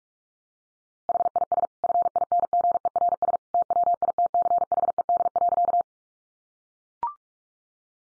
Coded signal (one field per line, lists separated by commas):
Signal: Morse code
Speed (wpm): 44 wpm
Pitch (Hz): 700 Hz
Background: none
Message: HIS FINGERS TWITCHED.